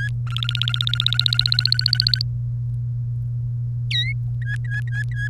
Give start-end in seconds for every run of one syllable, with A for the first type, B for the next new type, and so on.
0.00-0.08 A, 0.27-2.22 B, 4.42-5.28 A